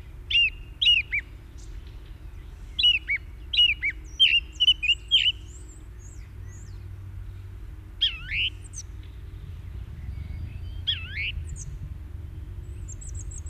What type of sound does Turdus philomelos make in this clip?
song